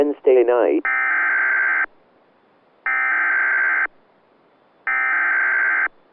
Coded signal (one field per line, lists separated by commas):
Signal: Emergency Alert System (SAME) tones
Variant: header bursts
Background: speech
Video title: MANITOBA WANNA STORM | EAS Alerts from 7/19/2022 (EAS #1431-1435)